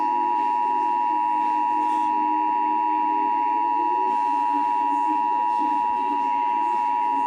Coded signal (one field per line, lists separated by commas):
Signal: Emergency Alert System (SAME) tones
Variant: 853 and 960 Hz attention tone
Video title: EAS #101 Severe Thunderstorm Watch